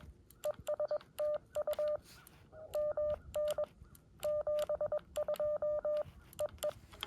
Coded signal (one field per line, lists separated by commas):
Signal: Morse code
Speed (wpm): 19 wpm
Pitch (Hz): 600 Hz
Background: none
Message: ES TU MN 72 EE